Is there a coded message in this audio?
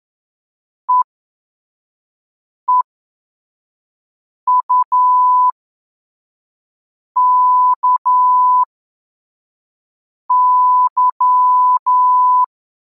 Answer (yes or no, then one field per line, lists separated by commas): yes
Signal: Morse code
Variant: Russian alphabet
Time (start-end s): 0.9-12.4 s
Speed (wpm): 11 wpm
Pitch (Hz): 1000 Hz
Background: none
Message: ЕЕУКЫ